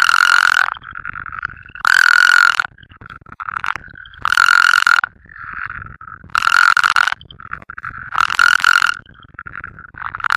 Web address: Frog Spea Bombifrons